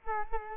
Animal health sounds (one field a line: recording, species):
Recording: mosquito wingbeat signal from an infrared sensor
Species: Culex quinquefasciatus